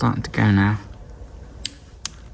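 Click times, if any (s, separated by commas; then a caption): 2.1 s. Someone talks while a click-type torque wrench preset to 20 Nm tightens the steel engine oil drain plug on a Ducati Monster S2R 1000 motorcycle engine. After a brief sharp tick at 1.7 s, the wrench breaks over with a crisp click at 2.1 s, the first click, confirming the drain plug has reached its set torque.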